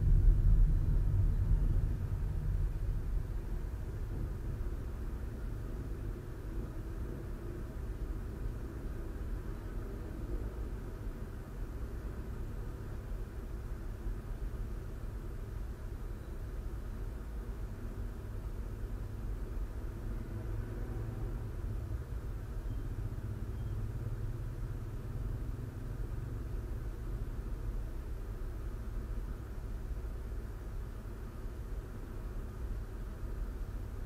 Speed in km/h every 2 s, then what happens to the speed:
18, 9, 0, 0, 0, 0, 0, 0, 0, 0, 0, 0, 0, 0, 0, 0, 0.
0-4 brakes to 0. 4-34 standing.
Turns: none.